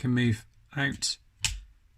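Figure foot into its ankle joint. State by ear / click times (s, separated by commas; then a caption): seated / 1.4 s. The plastic foot of a transforming action figure is moved outward at its ankle joint while someone talks, and it clicks into a set position with a sharp click at 1.4 seconds. The foot seats into place.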